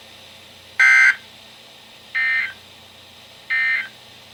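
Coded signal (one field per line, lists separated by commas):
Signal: Emergency Alert System (SAME) tones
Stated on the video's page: Areal Flood Warnings and Required Weekly Test received on NOAA Weather Radio.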